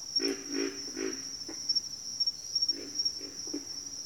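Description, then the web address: Pig frog grunts, low and throaty, three quick grunts then a few scattered ones, over a steady high-pitched cricket trill that runs throughout. "Sleep Sounds of Nature. Pig Frogs"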